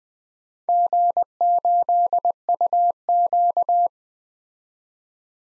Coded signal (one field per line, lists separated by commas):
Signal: Morse code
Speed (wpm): 20 wpm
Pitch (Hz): 700 Hz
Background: none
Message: G8UQ